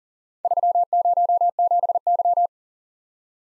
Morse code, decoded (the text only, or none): 307Y